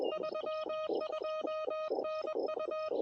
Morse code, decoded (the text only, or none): 32N U